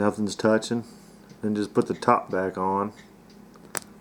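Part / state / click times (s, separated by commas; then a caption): top cap onto a rebuilt vape tank coil head / seated / 3.8 s. Someone talks while a top cap is pushed by hand back onto a rebuilt Protank vape tank coil head after the coil build. A single sharp click lands at 3.8 s as the cap snaps home and seats.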